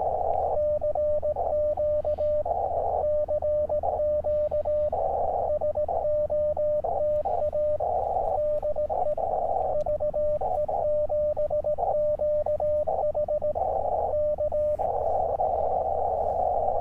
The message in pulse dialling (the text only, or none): none